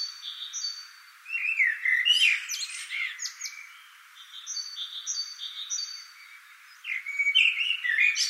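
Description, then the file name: Common blackbird delivering two warbling phrases with squeaky twittered ends, separated by a pause filled with another bird's high, evenly repeated notes. "Turdus merula"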